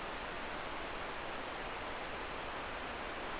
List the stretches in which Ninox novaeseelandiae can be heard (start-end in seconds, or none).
none